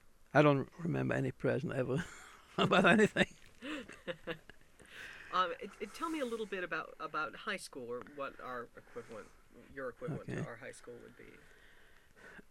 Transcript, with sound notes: I don't remember any present ever, or anything. (they laugh)
Tell me a little about, about high school, or what our equivalent, your equivalent to our high school would be.